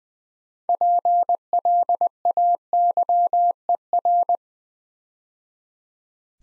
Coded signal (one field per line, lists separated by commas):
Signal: Morse code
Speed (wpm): 20 wpm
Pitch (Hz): 700 Hz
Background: none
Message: PLAYER